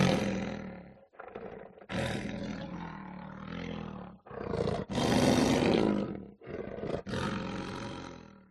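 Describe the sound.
Lion roaring in harsh, rasping bursts, several roars with short breaks between them.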